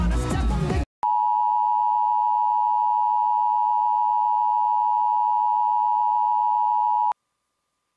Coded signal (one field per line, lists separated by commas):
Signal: Emergency Alert System (SAME) tones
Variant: 853 and 960 Hz attention tone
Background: music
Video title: Mini EAS Compilation EAS Alerts From 11/12/20 EAS #206-208